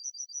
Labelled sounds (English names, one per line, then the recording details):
Yellowhammer song
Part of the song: start
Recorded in the Czech Republic on 21 June 2013
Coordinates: 48.996, 17.840
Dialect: BC
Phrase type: A82
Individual 310482